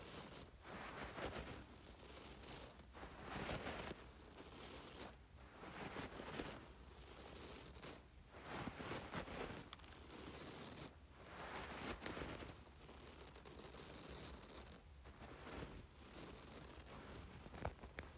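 Rice is being handled and poured, making a dense, grainy rustle that runs almost without pause. The hissing swells and eases in waves every couple of seconds, with brief near-silent gaps around 3, 5, 8, 11 and 15 seconds.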